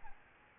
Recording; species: mosquito wingbeat signal from an infrared sensor; Aedes albopictus